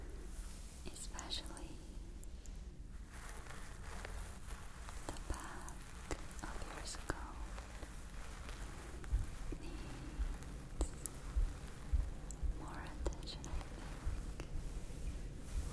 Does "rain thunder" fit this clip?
no